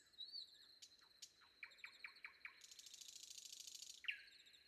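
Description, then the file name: Nightingale song: a short high whistle, a run of evenly repeated sharp notes, then a long buzzy rattle ending in an abrupt note. Recorded before dawn. "predawn nightingale"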